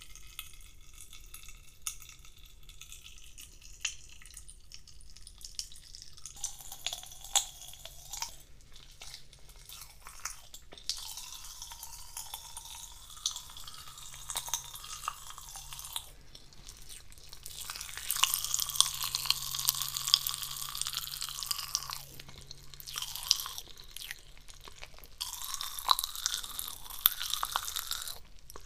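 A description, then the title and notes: Pop Rocks fizz and crackle in a dense, irregular patter of tiny snaps and pops. The crackling is sparse and soft at first, thickens after about six seconds, and turns loudest and brightest from around 18 to 22 seconds and again near the end, over a low steady hum. ASMR Pop Rocks.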